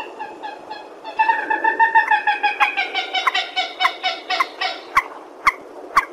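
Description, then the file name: Purple swamphen call: a nasal, honking phrase that becomes a quick, rhythmic cackle, then ends with sharp clicks. "tieng trich re keu"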